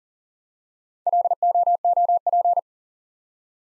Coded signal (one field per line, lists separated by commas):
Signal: Morse code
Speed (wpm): 40 wpm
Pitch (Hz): 700 Hz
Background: none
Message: LOOP